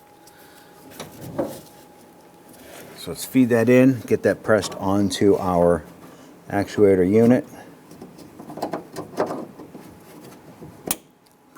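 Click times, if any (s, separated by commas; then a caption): 10.9 s. A wiring harness electrical connector on a 2002-2008 Dodge Ram 1500 rear door harness is fed in and pressed onto the rear door lock actuator while someone talks, with a few light handling taps around 8.6–9.2 seconds. The connector seats with a sharp click at 10.9 seconds.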